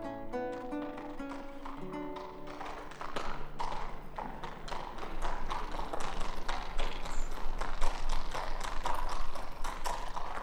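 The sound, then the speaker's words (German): Horse hooves clip-clop in a quick, steady rhythm of sharp clattering beats, growing louder after a few seconds and continuing evenly to the end, with some tonal sound at the start. “Seht, das ist der Jäger. Ach, welch ein schön Pferd.”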